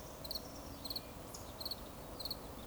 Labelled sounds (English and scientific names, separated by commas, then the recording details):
Eurasian Woodcock (Scolopax rusticola) whistle
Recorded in Baden-Württemberg, Germany, on 11 June 2020 at 20:08 UTC
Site 24578, 122 m above sea level